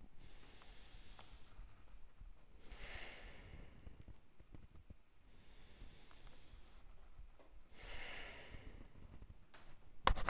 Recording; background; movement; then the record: deep breathing; quiet; sitting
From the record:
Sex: male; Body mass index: 21.0 kg/m2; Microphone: on the chest, facing outward